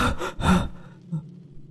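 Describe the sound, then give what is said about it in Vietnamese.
Heavy panting of a sweating person waking suddenly from a dream: two or three loud, rapid gasping breaths in quick succession, then softer, fainter breathing trailing off into near quiet. “Choàng tỉnh dậy, mình thở hổn hển, mồ hôi đầm đìa.”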